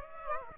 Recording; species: mosquito wingbeat signal from an infrared sensor; Aedes aegypti